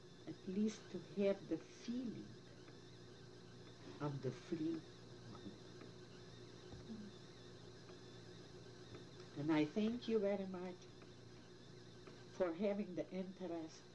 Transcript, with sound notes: at least to have the feeling of the free mind. [pause] And I thank you very much for having the interest